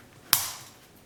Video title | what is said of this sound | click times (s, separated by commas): Austrian M1898 Rast & Gasser 8mm Revolver Fiocchi ammo | snaps back into place and you're in business now | 0.3 s